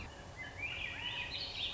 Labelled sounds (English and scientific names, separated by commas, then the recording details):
Swainson's Thrush (Catharus ustulatus)
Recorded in Sonoma County, California